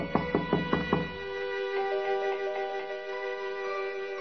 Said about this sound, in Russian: Вошел и постучал в парадное.